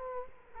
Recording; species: mosquito wingbeat signal from an infrared sensor; Culex quinquefasciatus